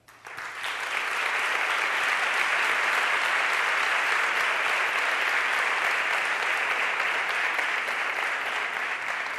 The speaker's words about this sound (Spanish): Y, por supuesto, el aplauso de todos vosotros.